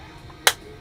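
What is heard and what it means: A plastic canopy from a scale F-22 model kit is pressed back onto the fuselage, front first so it aligns. A single sharp snap is heard at 0.5 seconds against a quiet background. The canopy is seated in place.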